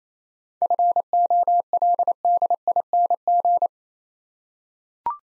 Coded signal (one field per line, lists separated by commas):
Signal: Morse code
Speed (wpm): 28 wpm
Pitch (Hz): 700 Hz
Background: none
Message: FOLDING